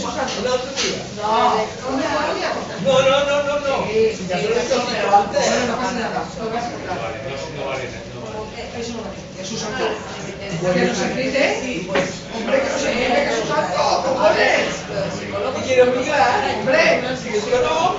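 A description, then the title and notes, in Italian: Exotic chatter in a bar in Barcelona: several voices talk over one another in a steady, dense murmur with no pauses. Individual voices briefly stand out, and sharp clinks or knocks cut through now and then, notably around twelve seconds. In un bar di Barcellona. L’esotico cicalecchio di un bar di Barcelona.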